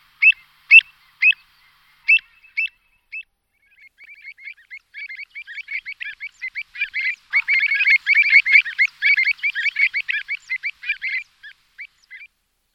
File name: tenkozobec opačný